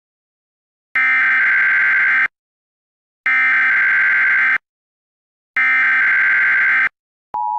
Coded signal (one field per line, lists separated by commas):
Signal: Emergency Alert System (SAME) tones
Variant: header bursts